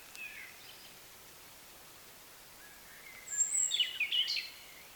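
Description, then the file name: European robin song, mostly quiet with a faint note early on, then a single short phrase of high, squeaky twittering notes near the end. "Erithacus rubecula"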